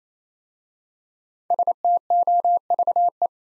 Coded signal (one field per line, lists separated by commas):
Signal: Morse code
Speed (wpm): 27 wpm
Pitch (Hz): 700 Hz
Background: none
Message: STOVE